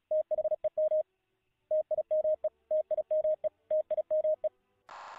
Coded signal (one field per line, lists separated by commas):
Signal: Morse code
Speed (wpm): 36 wpm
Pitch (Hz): 620 Hz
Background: radio noise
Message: THEM TIME TIME TIME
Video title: Voip Progrms for Ham Radio